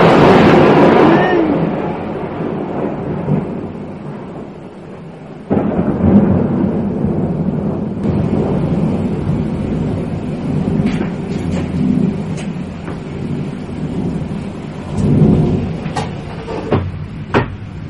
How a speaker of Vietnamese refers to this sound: Sấm chớp to quá, sợ quá các bạn.